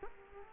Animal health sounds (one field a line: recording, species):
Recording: mosquito wingbeat signal from an infrared sensor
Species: Culex quinquefasciatus